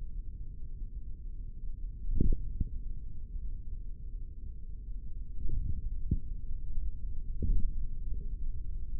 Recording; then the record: forearm muscle sounds (acoustic myography)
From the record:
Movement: hand closing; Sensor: system 3, bracelet of six PUI Audio POM-2738L microphones around the upper forearm, with dedicated amplification and filtering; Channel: 4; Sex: male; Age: 25 years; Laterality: right